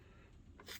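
The plastic lamp access door of a Viewsonic Pro8500 DLP projector is hooked onto its front tab, leaving a gap so it can be closed without bumping the lamp interlock switch in the housing, during a repair for no light caused by a power supply failure. A low steady hum runs throughout, with a short handling rustle of the door around 0.6 to 0.8 seconds. Nothing has seated or clicked yet.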